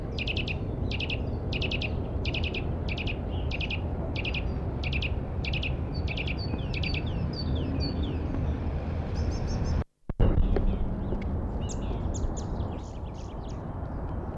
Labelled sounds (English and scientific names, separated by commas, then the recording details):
Eurasian Nuthatch (Sitta europaea)
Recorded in the wild
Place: Hafling, Bozen, IT
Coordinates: 46.6569, 11.1383
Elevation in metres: 400
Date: 1981-03-27
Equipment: Uher 4000 Report, Sennheiser MKH 815 T
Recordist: Tretzel, Erwin